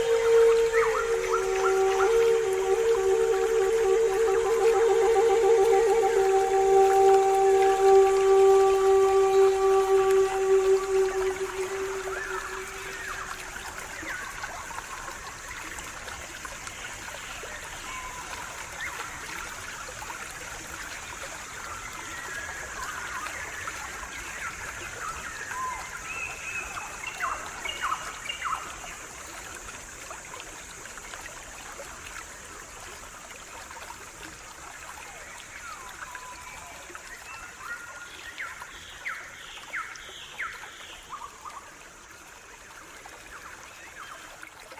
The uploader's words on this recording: Immerse yourself in the soothing embrace of natural water sounds combined with the enchanting melodies of the pan flute.